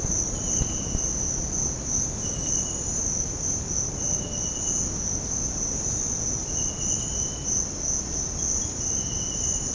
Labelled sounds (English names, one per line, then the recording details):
none
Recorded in secondary vegetation near Puerto Asís, Putumayo, Colombia, on 9 March 2025 at 06:30
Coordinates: 0.481, -76.318
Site G097